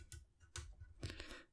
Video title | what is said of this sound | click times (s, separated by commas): Build the Millennium Falcon Parts 70 & 71: Frustration! | again rubbery oh oh did he hear that click he might not have done but it does click very nicely into place | 0.1 s, 0.6 s